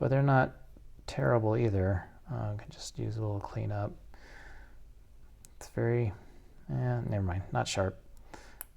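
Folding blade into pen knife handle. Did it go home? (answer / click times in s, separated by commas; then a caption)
yes / 8.6 s. Someone talks while handling a small vintage single-blade pen knife, folding the steel blade into its handle. Faint handling noises follow, and at 8.6 s the blade snaps into position on its backspring with a small, sharp click, seating it in place.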